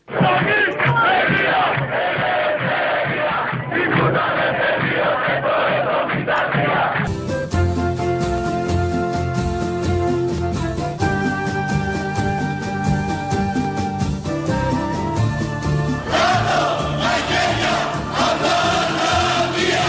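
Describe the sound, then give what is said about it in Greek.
A protest crowd chants present-day slogans loudly in unison, many voices rising and falling in rhythm without pause, with a steadier, more tonal stretch in the middle of the chanting. “Αυτά είναι σημερινά τα συνθήματα.”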